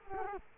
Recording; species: mosquito wingbeat signal from an infrared sensor; Culex quinquefasciatus